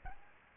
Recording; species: mosquito wingbeat signal from an infrared sensor; Aedes albopictus